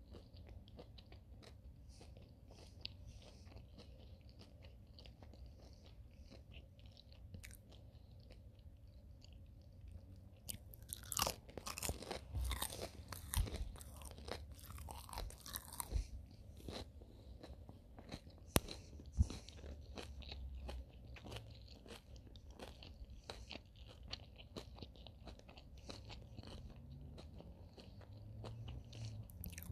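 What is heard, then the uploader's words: Someone eats fish sticks, with a steady run of soft clicks and chews throughout. Between about 11 and 16 seconds the biting turns loud and crunchy in dense bursts, then settles back to quieter chewing over a low hum. Eating fishsticks.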